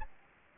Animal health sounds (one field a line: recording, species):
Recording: mosquito wingbeat signal from an infrared sensor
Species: Anopheles gambiae